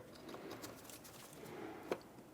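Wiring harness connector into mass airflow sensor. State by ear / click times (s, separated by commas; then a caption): seated / 0.9 s, 1.9 s. A wiring harness electrical plug is pressed fully onto the mass airflow sensor of a 2003-2011 Mercury Grand Marquis, with its locking tab facing down. Over a low, steady rustling patter, sharp small clicks sound at 0.9 s and 1.9 s, the second louder and crisper. The connector seats and locks in place.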